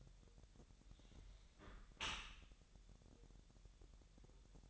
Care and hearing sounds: daily activity, microphone in the room; close dishwasher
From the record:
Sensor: 3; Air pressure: 1000.5 hPa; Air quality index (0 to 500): 247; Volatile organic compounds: 169 ppm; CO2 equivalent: 4103 ppm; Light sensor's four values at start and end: 10/24/10/10 and 10/24/10/10

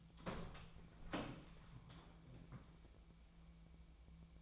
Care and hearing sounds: daily activity, microphone in the room; open door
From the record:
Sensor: 1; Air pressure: 1000.5 hPa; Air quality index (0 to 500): 183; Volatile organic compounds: 4 ppm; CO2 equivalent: 1692 ppm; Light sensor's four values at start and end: 14/33/14/16 and 14/33/14/16

